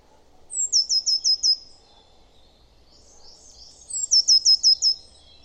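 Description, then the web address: Eurasian blue tit with two bursts of five high-pitched, sharply falling notes each, separated by a few seconds of quiet. "cianscape. Deverinetal"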